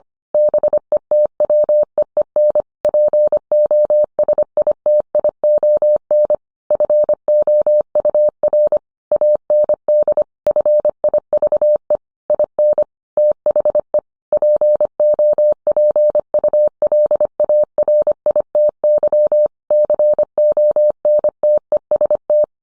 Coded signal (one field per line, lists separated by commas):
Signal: Morse code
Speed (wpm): 25 wpm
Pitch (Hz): 600 Hz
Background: none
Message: BETWEEN POSITION FOUR AND FIVE IN THE POPULARITY CONTEST